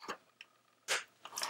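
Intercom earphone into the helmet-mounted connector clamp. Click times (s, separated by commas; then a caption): 1.4 s. Pushing the left earphone of a Sena 10U motorcycle helmet intercom hard down into the bottom connector of the helmet-mounted clamp on a Shoei GT-Air, after it has been slid up into the top connector. Faint scraping and handling give way to a sharp snap at 1.4 s, and the earphone is seated firmly and doesn't move when tugged.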